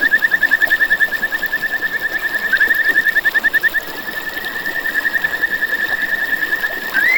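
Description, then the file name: Kajika frog calling in a fast, steady series of clear pulsed notes that runs on without break, ending on a short rising note, over faint hiss. "buergeri"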